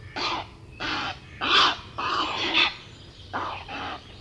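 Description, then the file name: Grey heron giving harsh, croaking calls in separate bursts, several rasping notes with short gaps between, over a low steady hum. "Grey Heron (Ardea cinerea)"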